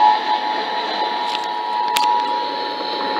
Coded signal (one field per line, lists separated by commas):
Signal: Emergency Alert System (SAME) tones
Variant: 853 and 960 Hz attention tone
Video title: AM/FM (EAS # 468) Kentucky Required Monthly Test 8/15/18